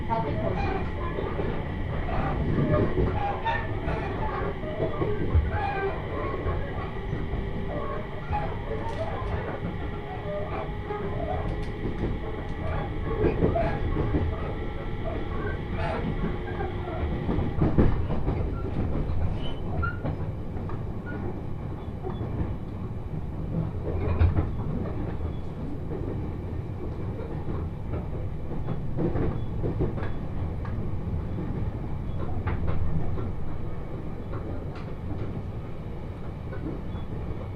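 A train ride recorded from inside a carriage, with a steady low rumble of wheels on track throughout. For the first eighteen seconds a faint whine holds beneath the rumble, then fades; scattered clicks and clunks recur, and a brief voice may be heard.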